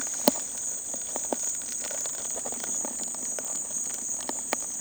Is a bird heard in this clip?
no